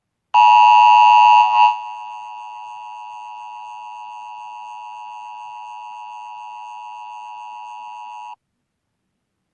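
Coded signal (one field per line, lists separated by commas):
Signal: Emergency Alert System (SAME) tones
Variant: 853 and 960 Hz attention tone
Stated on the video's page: Fictional EAS scenario.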